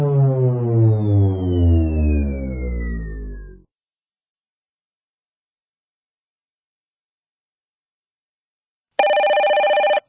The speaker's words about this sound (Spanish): Déjeme contestar el teléfono.